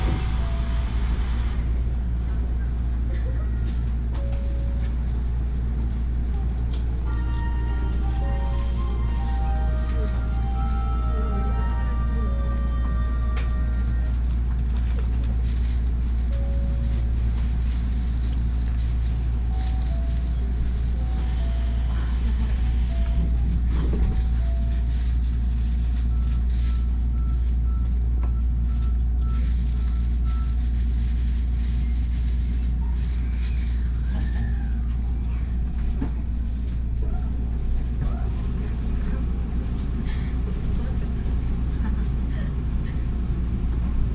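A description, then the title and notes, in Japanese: A steady low rumble of an Osaka Monorail ride, with faint chime-like tones and scattered voices early on, and a brief bump near twenty-four seconds. 鉄道旅 大物→梅田→蛍池→大阪空港。蛍池で大阪モノレールに乗り換えて１駅先の大阪空港へと向かいます。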